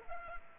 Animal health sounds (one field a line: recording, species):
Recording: mosquito wingbeat signal from an infrared sensor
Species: Culex pipiens